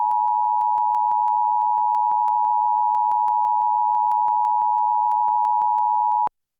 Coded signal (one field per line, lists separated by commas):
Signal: Emergency Alert System (SAME) tones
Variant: 853 and 960 Hz attention tone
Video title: (100 Sub Special) EAS Tornado Warning & Flash Flood Warning on WHSG-TV (WHSG-TV) (2023)